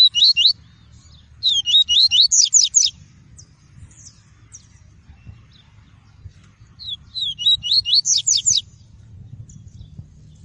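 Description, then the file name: Double-collared seedeater singing two long phrases of rapid, high, repeated slurred notes separated by a long pause, with low background rumble. "Tui-tui" song variety. "canto do papa capim tui tui"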